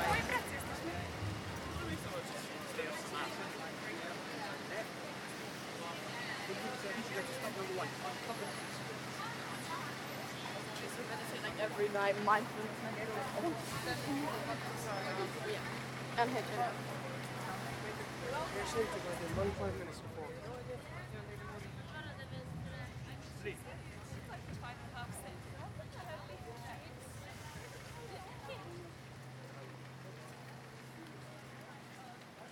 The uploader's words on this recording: Emergency alert system test, Oxford Circus, London, UK.